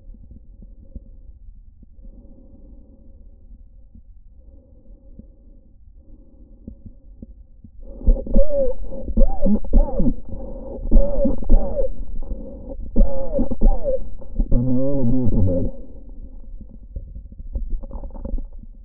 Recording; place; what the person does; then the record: lung sounds by stethoscope; trachea; quiet breathing, then cough and speech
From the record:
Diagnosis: COPD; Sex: male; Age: 77 years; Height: 172 cm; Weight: 94 kg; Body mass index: 31.8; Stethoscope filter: diaphragm mode